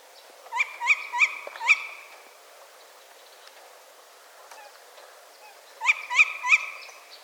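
Tawny owl calls: a burst of four short, harsh, harmonic notes, then about four seconds of quiet, then a burst of three.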